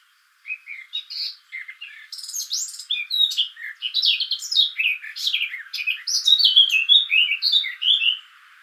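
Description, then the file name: Eurasian blackcap song: soft chattering opening that swells into a long, continuous, loud warble of varied fluty whistles and quick notes. "Sylvia atricapilla"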